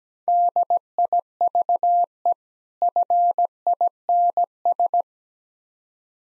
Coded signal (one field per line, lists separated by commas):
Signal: Morse code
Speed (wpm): 17 wpm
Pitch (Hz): 700 Hz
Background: none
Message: DIVE FINS